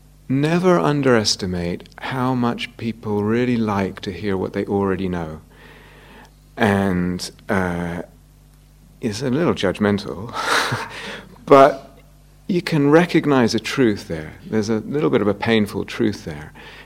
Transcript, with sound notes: "Never underestimate how much people really like to hear what they already know." It's a little judgmental. [laughter] But you can recognize a truth there. There's a little bit of a painful truth there.